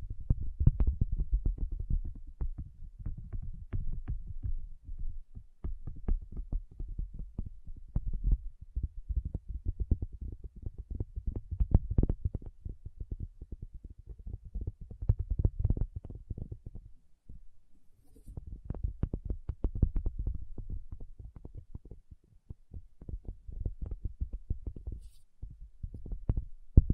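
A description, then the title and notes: Dull, low tapping in rapid, irregular bursts continues throughout, with brief quieter pauses near seconds 5, 17 and 23. Tapping Session (No Talking).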